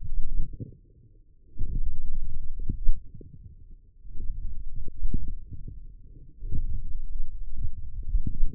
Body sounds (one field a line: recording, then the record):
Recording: forearm muscle sounds (acoustic myography)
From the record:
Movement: forearm supination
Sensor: system 1, eight BSWA MPA416 microphones around the upper forearm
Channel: 8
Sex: male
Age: 20 years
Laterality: left